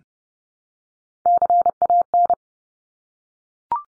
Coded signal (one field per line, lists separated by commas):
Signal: Morse code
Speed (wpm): 30 wpm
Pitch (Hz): 700 Hz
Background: none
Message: CAN